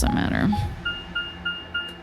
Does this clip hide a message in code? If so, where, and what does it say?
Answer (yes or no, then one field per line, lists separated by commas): no